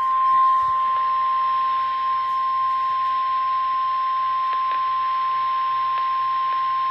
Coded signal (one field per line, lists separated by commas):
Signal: Emergency Alert System (SAME) tones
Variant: 1050 Hz attention tone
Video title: TOR | EAS #929